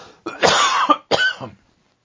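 Two loud, harsh coughs from an adult man, the first longer with a throaty, rasping tail, the second shorter. The coughs are noisy and explosive rather than musical, with no wheeze. It is a habitual cough that recurs often and is nothing serious.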